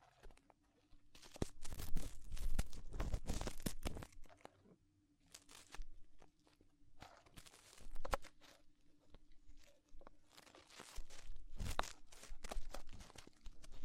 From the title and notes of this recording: ASMR Extremely Tingly Ear Exploration (No Talking).